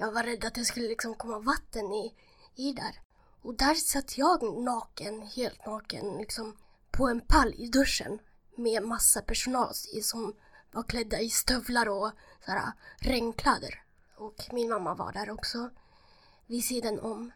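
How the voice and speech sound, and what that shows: Fluent Swedish speech from an adult woman in a weak, breathy, slightly creaky voice, a hoarse voice from bilateral vocal fold paralysis caused by nerve damage during lung transplantation. The hoarseness is permanent and cannot be fixed, with only treatments in the vocal folds available.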